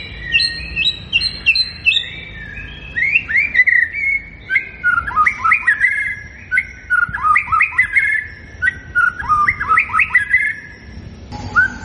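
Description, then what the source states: White-rumped shama song, a long stream of fluty whistles and quick warbling phrases repeated with varied pitch. Lure recording of an actively singing bird, meant to make it respond at once.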